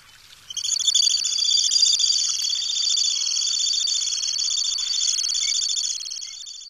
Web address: Songs of Birds of North America Stokes. Temmincks Stint